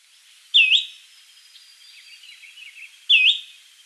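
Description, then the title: Greenish schiffornis giving two loud, bright, dipping call notes about two and a half seconds apart, with soft chattering in between. "LuckyPassaro Completos2Sama. Greenish Schiffornis (Schiffornis virescens)"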